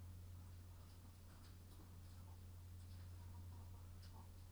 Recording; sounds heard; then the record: poultry house recording; sick chickens (respiratory disease)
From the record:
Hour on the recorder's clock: 22